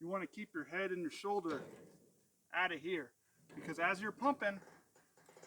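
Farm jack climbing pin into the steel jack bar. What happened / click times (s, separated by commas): Handled, not yet home: the jack pin has not latched and no click is heard / none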